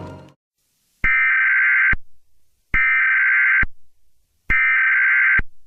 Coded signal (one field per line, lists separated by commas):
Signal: Emergency Alert System (SAME) tones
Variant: header bursts